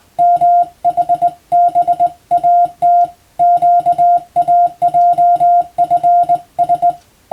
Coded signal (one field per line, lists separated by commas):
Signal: Morse code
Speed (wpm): 21 wpm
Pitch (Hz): 700 Hz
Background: music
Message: MHBAT QAJFS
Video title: 無線従事者国家試験総合無線通信士電気通信術のトレーニングにＣＷを打ってみました。アマチュア無線ハムの受信練習にもどうぞ(morse code practice for radio operator )